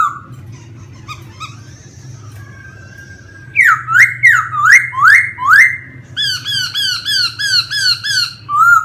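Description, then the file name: Laughingthrush song starting softly, then a loud series of rising whistled notes, followed by fast repeated chattering notes, with low hum behind. Wild-type singing in the song style called 'giọng rừng' (forest voice). "Tieng khuou hot giong rung"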